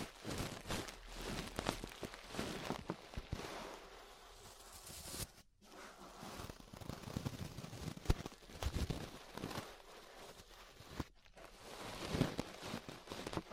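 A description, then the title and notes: Ear brushing: dense, scratchy rustling with rapid crackles and soft thuds that swell and fade in irregular strokes. The sound cuts out briefly near 5 seconds and again around 11 seconds before the brushing resumes. ASMR Relaxing 3Dio Ear Brushing (No Talking).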